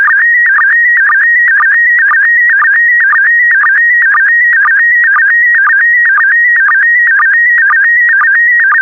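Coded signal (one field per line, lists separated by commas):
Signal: SSTV (slow-scan television)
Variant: PD120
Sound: warbling tone shifting between pitches with a short low blip twice a second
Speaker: transmission complete you can now check your decoded image against the picture that is shown on the video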